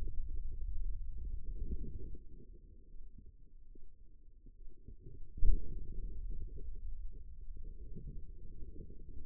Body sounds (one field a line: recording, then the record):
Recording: forearm muscle sounds (acoustic myography)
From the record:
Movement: pen grasping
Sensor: system 2, bracelet of six BSWA MPA416 microphones around the upper forearm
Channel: 3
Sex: female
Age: 25 years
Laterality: right